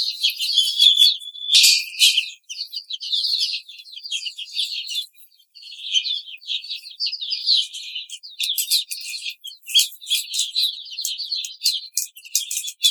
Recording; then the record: young laying hens in a cage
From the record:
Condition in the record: treatment cage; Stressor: simulated dog barking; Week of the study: 5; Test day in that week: 1